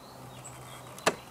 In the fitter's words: come up here till I hear it click and I